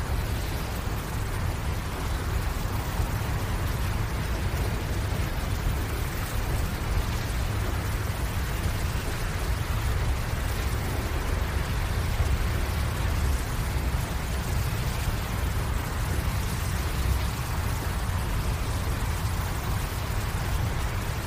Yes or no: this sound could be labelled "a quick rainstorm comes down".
yes